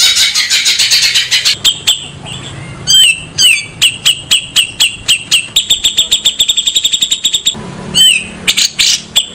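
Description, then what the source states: Grey-cheeked Bulbul mixing clear slurred whistles with dry rapid ticking notes that speed up into a fast series, then more whistles and harsh chatter. Masteran, a long-duration training recording for cage birds.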